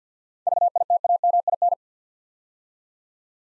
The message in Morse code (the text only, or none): VITAMIN